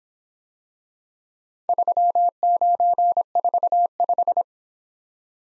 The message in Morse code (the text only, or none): 3945